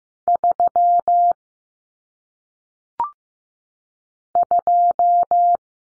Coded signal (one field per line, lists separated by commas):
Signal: Morse code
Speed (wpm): 15 wpm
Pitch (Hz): 700 Hz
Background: none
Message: 3 2